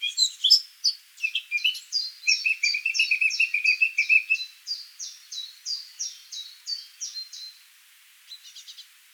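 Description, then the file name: Eurasian blackcap song: jumbled warbling that settles into a fast series of repeated high notes over a low trill, then fades to quiet with a brief final flourish. "Sylvia atricapilla"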